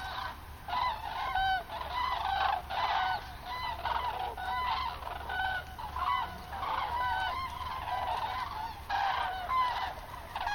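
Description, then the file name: Common cranes bugling in a dense chorus, trumpet-like honks with clear harmonics coming in waves. "grus grus"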